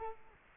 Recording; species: mosquito wingbeat signal from an infrared sensor; Culex quinquefasciatus